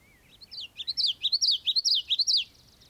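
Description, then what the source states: Bird song: a lively string of many high, chirped notes, each a quick up-and-down sweep, delivered rapidly for about two seconds over a quiet background. European marsh.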